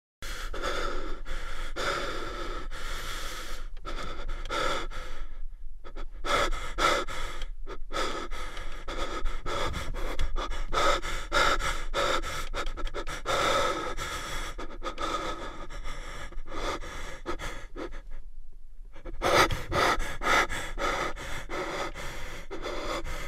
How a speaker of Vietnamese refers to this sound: Mình bị đánh thức vì nghe thấy có tiếng thở hổn hển trong phòng vệ sinh cạnh chỗ mình nằm. Tiếng thở ban đầu rất chậm rãi, rồi gấp dần, kèm theo sau là tiếng khóc, rên la ú ớ.